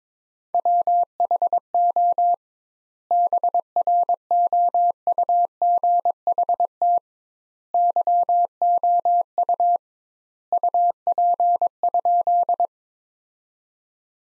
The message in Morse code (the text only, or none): WHO BROUGHT YOU UP?